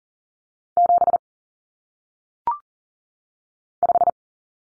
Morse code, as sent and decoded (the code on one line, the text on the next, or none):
--... / .....
7 5